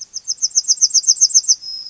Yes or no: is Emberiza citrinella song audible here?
yes